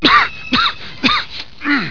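Four quick, harsh bursts in under two seconds, each starting abruptly with a strongly voiced, groaning edge. A run of voiced coughs from an adult, close to throat clearing in character.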